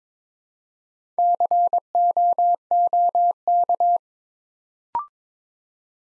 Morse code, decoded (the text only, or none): COOK